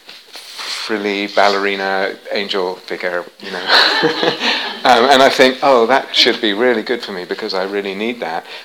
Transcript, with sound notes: frilly, ballerina angel figure [laughter] and I think, "Oh, that should be really good for me, because I really need that."